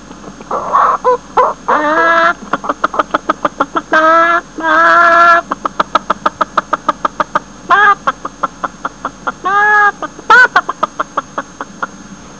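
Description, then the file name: Chicken clucking: rapid runs of short clucks broken by longer, louder drawn-out squawks, steady background hiss throughout. Hen. "poule"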